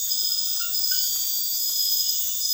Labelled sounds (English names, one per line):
none